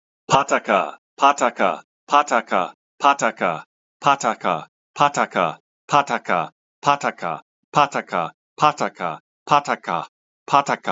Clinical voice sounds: repeated syllables /pa ta ka/; male; 50 to 59 years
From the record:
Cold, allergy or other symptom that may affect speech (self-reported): no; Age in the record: 51 years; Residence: Washington, United States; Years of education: 14

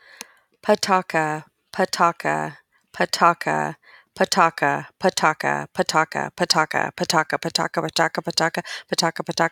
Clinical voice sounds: repeated syllables /pa ta ka/; female; 30 to 39 years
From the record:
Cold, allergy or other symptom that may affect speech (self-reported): no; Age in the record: 38 years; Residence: Missouri, United States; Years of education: 17

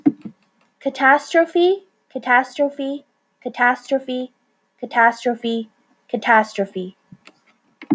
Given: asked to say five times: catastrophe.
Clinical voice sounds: repeated word; female; 30 to 39 years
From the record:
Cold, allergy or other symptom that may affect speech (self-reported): no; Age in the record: 35 years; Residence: California, United States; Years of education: 14

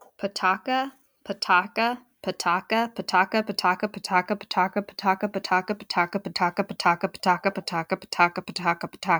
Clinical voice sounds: repeated syllables /pa ta ka/; female; 30 to 39 years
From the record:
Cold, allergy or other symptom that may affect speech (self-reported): no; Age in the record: 30 years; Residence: Virginia, United States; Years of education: 17

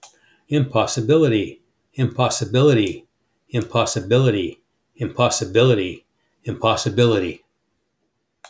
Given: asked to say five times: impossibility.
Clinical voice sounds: repeated word; male; 70 to 79 years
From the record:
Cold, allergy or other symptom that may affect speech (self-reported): no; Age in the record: 70 years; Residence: Florida, United States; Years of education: 18

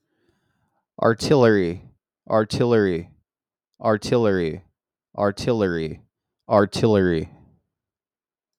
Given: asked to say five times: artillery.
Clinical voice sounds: repeated word; male; 40 to 49 years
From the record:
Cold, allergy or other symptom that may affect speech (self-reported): no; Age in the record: 42 years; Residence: Florida, United States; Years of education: 14

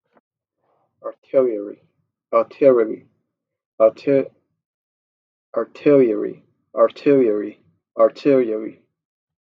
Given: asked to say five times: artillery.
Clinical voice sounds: repeated word; male; 20 to 29 years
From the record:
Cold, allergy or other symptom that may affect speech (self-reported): no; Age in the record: 23 years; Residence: Maryland, United States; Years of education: 16

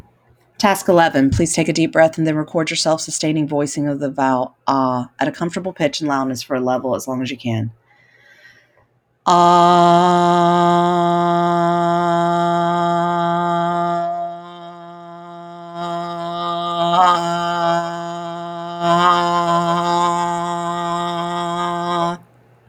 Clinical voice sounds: vowel held as long as possible; female; 40 to 49 years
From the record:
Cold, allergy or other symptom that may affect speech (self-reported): no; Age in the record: 43 years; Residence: North Carolina, United States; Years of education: 20

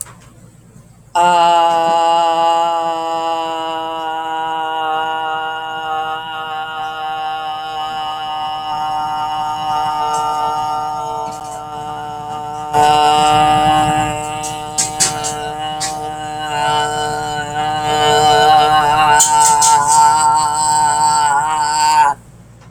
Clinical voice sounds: vowel held as long as possible; female; 40 to 49 years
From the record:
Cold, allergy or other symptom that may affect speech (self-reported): no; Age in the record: 43 years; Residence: New Jersey, United States

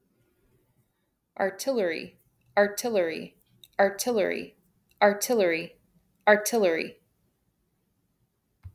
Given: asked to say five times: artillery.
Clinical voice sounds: repeated word; female; 30 to 39 years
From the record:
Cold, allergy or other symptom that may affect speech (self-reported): no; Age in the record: 32 years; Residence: Nebraska, United States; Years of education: 16

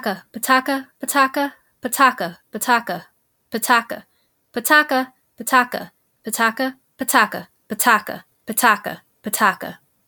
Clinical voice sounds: repeated syllables /pa ta ka/; female; 30 to 39 years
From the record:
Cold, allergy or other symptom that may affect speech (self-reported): no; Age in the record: 33 years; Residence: Illinois, United States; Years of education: 16

